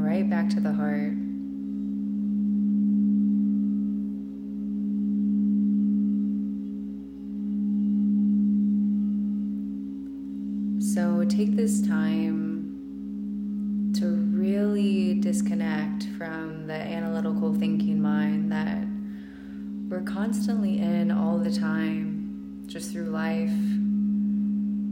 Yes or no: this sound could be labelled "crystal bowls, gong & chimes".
yes